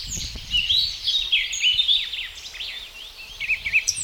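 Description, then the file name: Eurasian blackcap warbling: a dense run of rapid, twisting high notes that rise and fall across the whole stretch, with brief louder bursts and a light noisy background. "Sylvia atricapilla"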